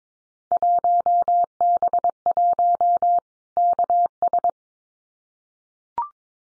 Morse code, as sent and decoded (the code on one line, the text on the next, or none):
.---- -... .---- / -.- ...
1B1 KS